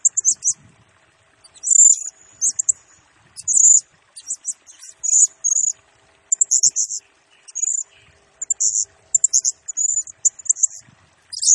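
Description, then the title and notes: Blue-crowned hanging parrot, shrill high chirps and short trilled phrases in lively, irregular bursts. Lure and master-tutor song for training birds; bird described as gacor (in full, chatty song), singing in the nembak (rapid, shooting) style. "Burung Serindit Nembak Gacor Bikin Emosi Semua Burung. Suara Nasteran Dan Pemikat Burung Serinditan Gacor"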